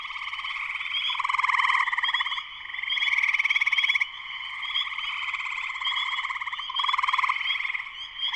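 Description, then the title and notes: Spring peepers calling en masse, overlapping sharp peeps above a steady trill with periodic louder surges. Full chorus of many spring peepers shortly after sunset, Sleeping Bear Dunes National Lakeshore, northern Michigan, USA; recorded by Darrin Wassom. "Spring peepers (chorus frogs) in concert. Spring peepers (chorus frogs) in full chorus shortly after sunset in the Sleeping Bear Dunes National Lakeshore in northern Michigan, USA. Recorded by Darrin Wassom. Music for Sleep"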